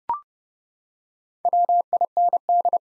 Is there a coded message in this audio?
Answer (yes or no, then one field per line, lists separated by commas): yes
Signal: Morse code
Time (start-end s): 1.5-2.8 s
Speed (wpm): 29 wpm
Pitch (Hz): 700 Hz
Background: none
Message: WIND